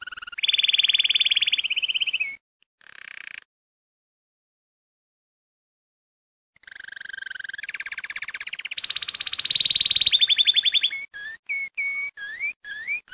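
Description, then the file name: Domestic canary song: loud rolling trills and steady whistled tours, broken by a silent pause of about three seconds, then rising buzzy rolls and a run of short upslurred chirps. Belgian canary breed. "Canto-do-Canário-Belga"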